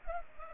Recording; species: mosquito wingbeat signal from an infrared sensor; Culex pipiens